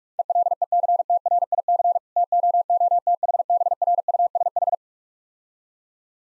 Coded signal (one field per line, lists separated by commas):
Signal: Morse code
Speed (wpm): 46 wpm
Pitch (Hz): 700 Hz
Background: none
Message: ELECTRIC TOOTHBRUSH